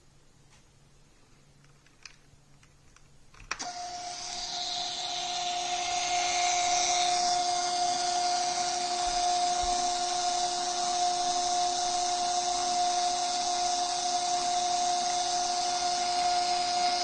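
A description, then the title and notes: A receipt being printed. After about three and a half seconds of near silence with a couple of soft clicks, the printer starts abruptly with a steady whine and bright hiss that builds in loudness for a few seconds, then holds evenly to the end. Roll of thermal paper. Printed on a receipt.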